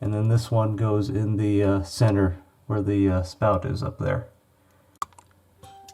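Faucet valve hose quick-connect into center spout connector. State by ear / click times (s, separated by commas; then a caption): seated / 5.0 s. Someone talks while a quick-connect supply hose on a Pfister Ladera faucet valve is pushed onto the center spout fitting under the sink. A sharp click at 5.0 s marks the hose snapping in, followed by a few faint ticks. The hose is seated and clicked in place.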